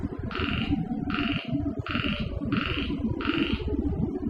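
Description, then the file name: Frog giving five evenly spaced nasal croaks, roughly one every 0.8 seconds, over a constant low hum. On Okinawa. "Mikhail Iliatov - Okinawa Frogs"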